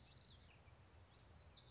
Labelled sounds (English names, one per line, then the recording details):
Common Yellowthroat
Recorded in Sonoma County, California